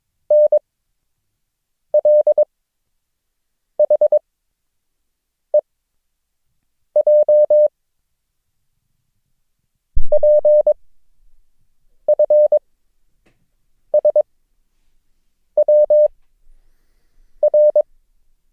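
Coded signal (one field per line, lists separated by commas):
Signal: Morse code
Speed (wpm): 22 wpm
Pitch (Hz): 600 Hz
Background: none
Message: NLHEJ PFSWR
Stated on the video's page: Morse code lesson drill introducing the characters O, G and Q, with mixed-character transmissions.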